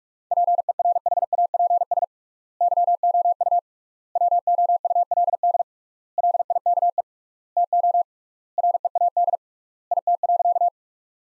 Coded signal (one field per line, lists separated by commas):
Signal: Morse code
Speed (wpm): 46 wpm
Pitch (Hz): 700 Hz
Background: none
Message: PERHAPS YOU WOULD LIKE TO READ IT.